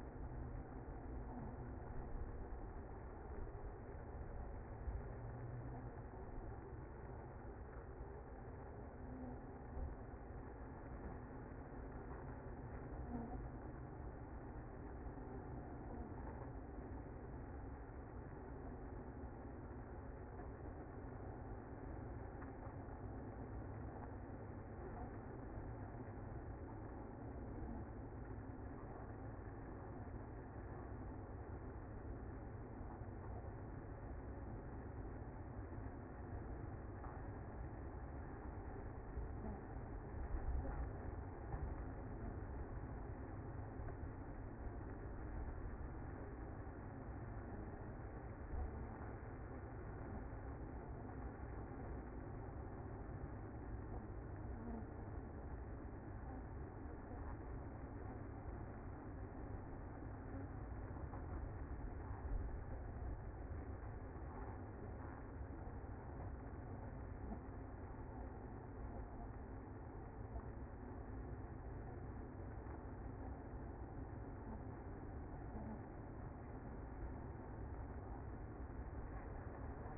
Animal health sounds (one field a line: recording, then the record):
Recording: honeybee colony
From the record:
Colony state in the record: active